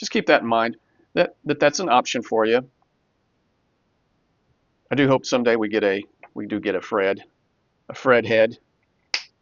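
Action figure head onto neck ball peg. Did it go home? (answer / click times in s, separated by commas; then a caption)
yes / 9.1 s. Someone talks, then puts a GI Joe Classified Cobra Commander Combat Armor action figure's original plastic head back onto its neck ball peg. A sharp snap is heard at 9.1 s as the head pops back on and seats, and the figure is restored.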